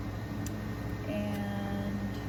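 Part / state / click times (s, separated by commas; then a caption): syringe module into its magnetic mount on a plate washer/dispenser / seated / 0.5 s. A syringe module is placed onto its magnetic mount on a Biotek EL-406 plate washer/dispenser, where a magnet locks it into place. A single sharp snap is heard at 0.5 s over a steady tonal hum, and a faint whine follows from about 1.1 to 1.9 s. The module seats on its mount.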